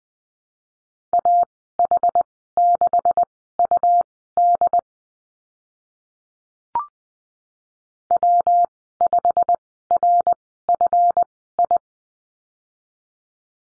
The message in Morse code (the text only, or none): AH6UD W5RFI